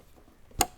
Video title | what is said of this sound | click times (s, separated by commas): Alpine JK Wrangler Full Speaker System Install (SPV-65X-WRA) - '07 - '18 JL Wrangler | here we go snaps back in | 0.6 s